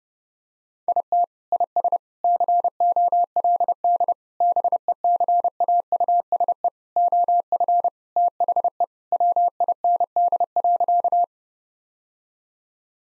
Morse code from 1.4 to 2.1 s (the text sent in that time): IS